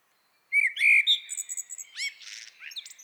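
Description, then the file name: Common blackbird singing a single phrase, a mellow fluty opening followed by a rapid run of thin, high, scratchy twittering notes. "Turdus merula"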